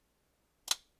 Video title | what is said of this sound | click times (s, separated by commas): MERCEDES-BENZ E-CLASS AMG Remote Key Fob Battery Replacement - How To DIY Change Replace Batteries | and then that snaps on, | 0.7 s